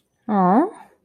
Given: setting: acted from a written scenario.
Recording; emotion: vocal sound without words; awe